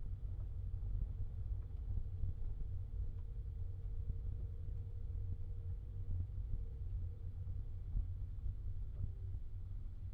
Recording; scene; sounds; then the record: everyday scene through a hearing-aid microphone; in a vehicle; engine, rumble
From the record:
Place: Skoda Fabia, gasoline engine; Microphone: in the ear canal, left